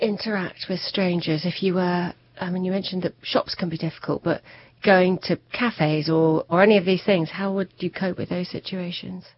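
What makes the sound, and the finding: Interviewer. Fluent speech.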